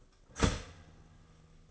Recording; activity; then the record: daily activity, microphone in the room; start toaster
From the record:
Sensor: 4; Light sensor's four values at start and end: 18/62/23/22 and 17/58/22/20